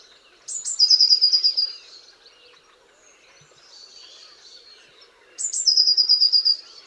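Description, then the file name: Eurasian blue tit repeating a high sharp note and quick descending trill, twice. "Cyanistes caeruleus"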